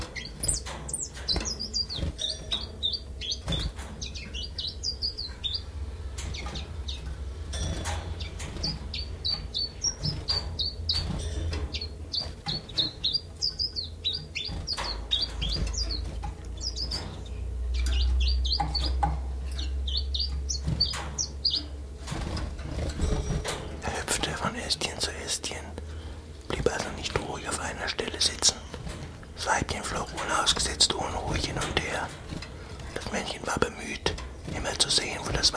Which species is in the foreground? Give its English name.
Common Chiffchaff